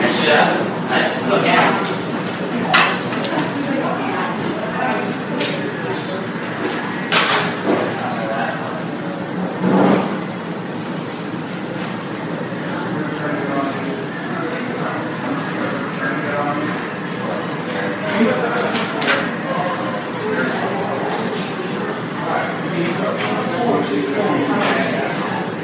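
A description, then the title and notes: A hospital emergency room, filled with a steady murmur of overlapping voices that never lets up. Sharp clicks and knocks break through every few seconds, with a louder clatter near ten seconds, while the chatter stays dense and fairly even throughout. Hospital Emergency Room.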